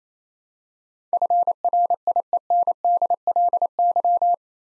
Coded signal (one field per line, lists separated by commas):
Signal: Morse code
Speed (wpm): 28 wpm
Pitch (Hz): 700 Hz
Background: none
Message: FRIENDLY